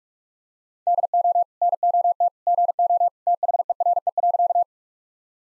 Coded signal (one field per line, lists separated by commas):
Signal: Morse code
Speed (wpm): 41 wpm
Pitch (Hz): 700 Hz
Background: none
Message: DO NOT GO THERE.